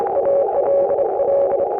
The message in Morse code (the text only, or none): ALL